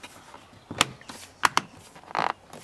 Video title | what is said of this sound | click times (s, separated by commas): 2001 VW Beetle door lock issues | next the handle or the cover just snaps | 1.6 s